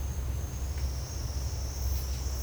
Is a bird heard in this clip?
no